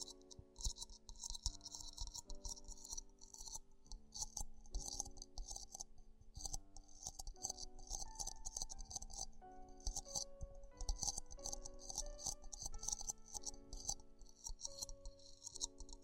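Ear exploration sounds made up of dense, rapid crackling and tapping that runs almost without pause for the whole stretch. The clicks are bright and crisp, arriving in quick irregular bursts, with a few short ringing tones and faint rattles underneath.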